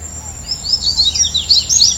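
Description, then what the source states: Yellow-bellied seedeater song: a continuous run of sweet, high, tumbling notes with a steady insect whine in the background. Recorded at Comandatuba, Bahia, Brazil, on 31 January 2013.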